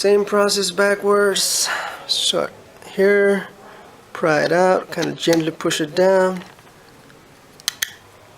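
Someone talks while a flex ribbon cable connector is gently pushed down into its socket on the circuit board of a GoPro Hero 4 3+ camera during a freeze fix. A sharp snap is heard at 7.7 s, followed by a second quick tick just after, and the connector is seated.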